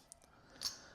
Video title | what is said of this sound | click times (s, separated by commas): Battery support for remapping and flashing purposes GYS 100 battery BSU | and you just pop them in and they click into place like that. | 0.1 s